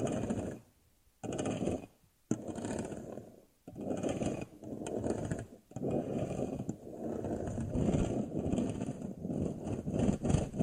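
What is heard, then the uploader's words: A lint roller is pulled across fabric in repeated strokes, each a dense, rough, low tearing rasp lasting one to two seconds. Short silent gaps fall between strokes near 1, 2 and 3.5 seconds; later the passes run together almost continuously. Lint roller.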